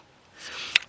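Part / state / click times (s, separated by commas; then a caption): wiring plug onto fuel rail pressure sensor / seated / 0.8 s. An electrical plug is pushed onto the fuel rail pressure sensor of a 2007 Ford Focus 2.0 during cylinder misfire repair work with the valve cover gasket and spark plugs. A soft rising scrape of the plug sliding on starts around 0.4 s and ends in a single sharp click at 0.8 s, and the connector is seated.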